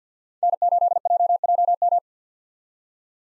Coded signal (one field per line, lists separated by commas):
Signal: Morse code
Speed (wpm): 45 wpm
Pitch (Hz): 700 Hz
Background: none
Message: N8JJM